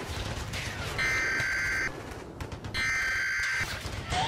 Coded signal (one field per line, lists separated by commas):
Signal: Emergency Alert System (SAME) tones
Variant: header bursts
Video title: EAS Scenario: Battle Of Boston